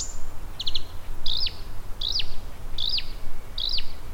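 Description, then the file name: Spotted crake calls: a sharp, hooked whistled note repeated about every three-quarters of a second, preceded by a short burst of rapid clipped notes, over steady low background hum. At Marjaniemi, Helsinki, on 10 June 2009. "luhtakerttunen-marjaniemi-helsinki-10-06-2009"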